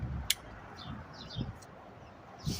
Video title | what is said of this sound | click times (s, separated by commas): 2014 Ford Focus SE/ST Installing a 9" Touch Screen | Once you guys hear that click, that means you're in. | 0.3 s